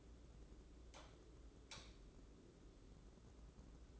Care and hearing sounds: daily activity, microphone in the room; light on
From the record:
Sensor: 3

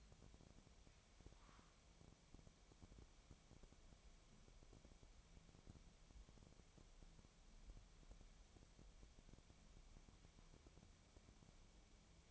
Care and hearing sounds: daily activity, microphone in the room; wipe stove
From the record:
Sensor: 1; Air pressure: 1007.1 hPa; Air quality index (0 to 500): 205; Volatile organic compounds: 22 ppm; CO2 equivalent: 2762 ppm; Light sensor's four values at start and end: 13/33/13/15 and 13/33/13/15

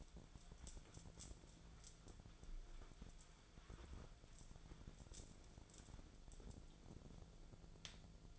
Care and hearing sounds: daily activity, microphone in the room; wipe stove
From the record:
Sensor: 5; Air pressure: 1000.6 hPa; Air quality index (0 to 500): 156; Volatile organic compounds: 2 ppm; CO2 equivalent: 1198 ppm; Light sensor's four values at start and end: 50/106/49/55 and 50/108/49/55

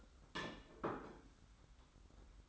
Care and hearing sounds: daily activity, microphone in the room; place plate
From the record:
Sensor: 3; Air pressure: 991.8 hPa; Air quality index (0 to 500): 179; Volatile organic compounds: 1000 ppm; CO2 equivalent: 5987 ppm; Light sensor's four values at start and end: 23/73/30/27 and 23/70/29/26

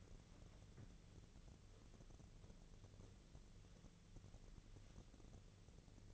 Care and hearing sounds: daily activity, microphone in the room; wipe stove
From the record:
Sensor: 4

